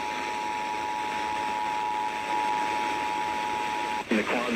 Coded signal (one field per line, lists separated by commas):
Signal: Emergency Alert System (SAME) tones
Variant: 853 and 960 Hz attention tone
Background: speech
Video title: June 9, 2018 EAS weather alerts (EAS #683-695)